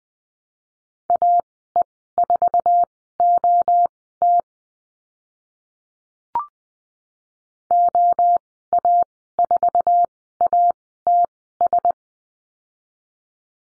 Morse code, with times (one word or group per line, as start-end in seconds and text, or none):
1.1-4.4 AE4OT
7.7-11.9 OA4ATS